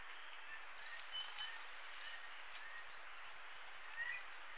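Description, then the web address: Green-and-black fruiteater giving very high, thin piping notes, a few scattered ones first, then a rapid, fairly even run of short whistles, with soft hiss beneath. Recorded in Ecuador. "Birds of Ecuador. Green-and-black Fruiteater"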